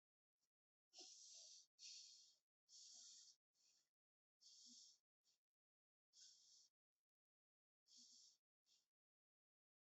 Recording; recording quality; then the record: shallow breathing; excellent, no background noise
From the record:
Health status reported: healthy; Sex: female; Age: 41 years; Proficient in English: yes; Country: India